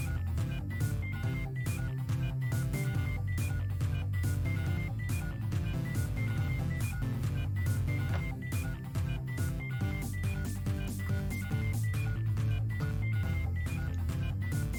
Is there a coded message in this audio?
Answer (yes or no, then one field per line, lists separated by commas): no